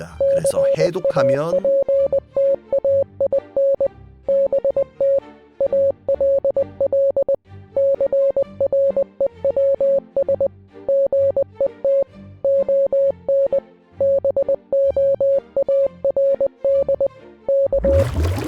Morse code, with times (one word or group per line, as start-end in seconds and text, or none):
0.2-3.9 CAPTAIN
4.3-5.2 BT
5.6-7.4 ALL
7.8-10.5 CREWS
10.9-12.0 GET
12.4-13.6 ON
14.0-17.1 BOARD
17.5-18.0 K